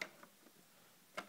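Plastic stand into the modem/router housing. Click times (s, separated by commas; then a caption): 1.2 s. A plastic stand is slid into the guide slots on the back of an iiNet BoB2 modem/router and pushed along until it latches. A sharp tick sounds at the start and a faint one at 0.2 s, then a crisp click at 1.2 s as the stand seats in place.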